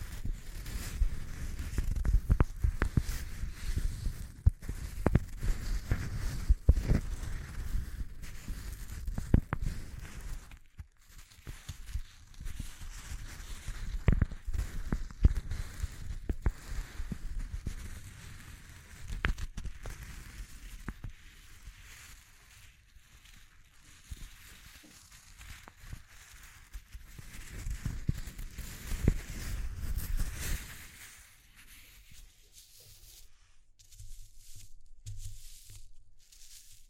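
Textured crackling and rustling, dense with sharp clicks and low rumbling through the first ten seconds. After that it turns sparser and quieter, with intermittent bursts of scraping and tearing, a louder stretch near thirty seconds, then fading to faint crackles.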